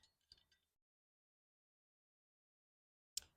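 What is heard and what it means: A threaded metal locking sleeve on a camping multi tool handle is screwed down to lock the shovel/pickaxe head in position, with a few faint metallic ticks in the first 0.7 seconds followed by silence. A sharp metallic clink comes at 3.2 s as the sleeve is tightened home, leaving the head locked into place.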